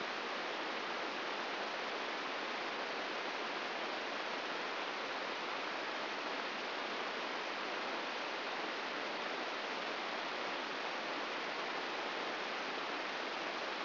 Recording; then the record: brain microelectrode recording played as sound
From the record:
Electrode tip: inside the subthalamic nucleus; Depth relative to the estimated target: 3 mm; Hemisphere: right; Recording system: AlphaMap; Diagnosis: Parkinson's disease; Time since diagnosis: 15 years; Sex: female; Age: 68 years